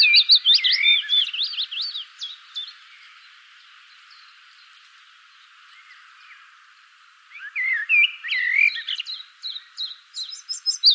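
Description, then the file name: Common blackbird giving a loud fluty warble with looping notes that trails into high twitters, a silent gap of several seconds, then another warbled, squeaky phrase. "Turdus merula"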